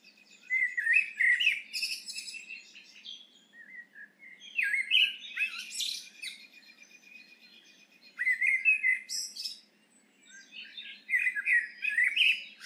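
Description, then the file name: Eurasian blackbird delivering four warbled song phrases, mellow whistles rising into shrill twittering flourishes, with silent gaps in between. "Turdus merula"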